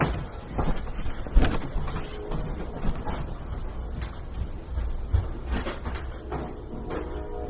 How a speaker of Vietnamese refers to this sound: Quý vị cho tôi một phút, bởi vì có thể người bưu điện họ gõ cửa, họ gửi cái gì đây.